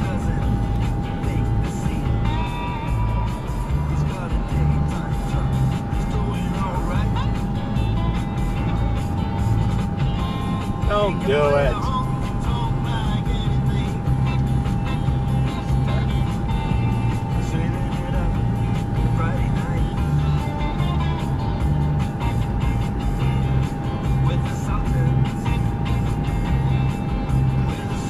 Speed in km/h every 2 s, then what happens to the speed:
79, 79, 81, 79, 76, 74, 79, 81, 81, 81, 84, 84, 84, 84.
0-5 steady at about 79. 5-11 slows to 74. 11-14 speeds up to 81. 14-28 steady at about 84.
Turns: none.